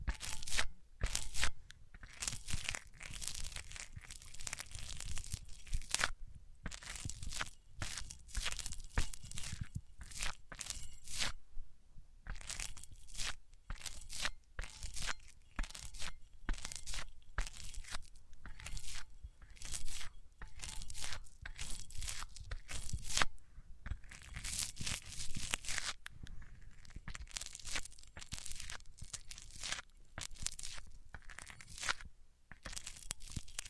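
Microphones rub and scrape against different surfaces, making dense, rough bursts of tearing, crunching and crinkling friction noise. The bursts come in quick irregular clusters with brief gaps, near 6, 12 and 23 seconds. A faint steady tone runs beneath the first twenty-three seconds.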